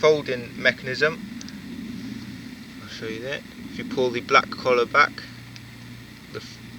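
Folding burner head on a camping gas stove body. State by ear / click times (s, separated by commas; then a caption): seated / 5.6 s. Someone talks while the black collar on an Optimus Crux folding backpacking stove is pulled back and the metal burner head is raised on the camping gas stove body, over a steady low hum. A short sharp click at 5.6 s marks the head seating into its upright position, after which it is turned to lock.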